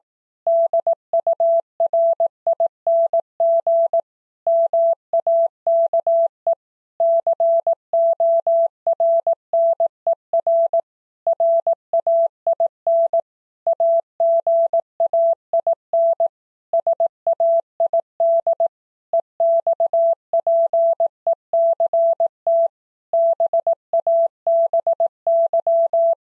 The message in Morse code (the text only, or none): DURING MAKE CORNER RAIN AGAIN SAID EXPECT BABY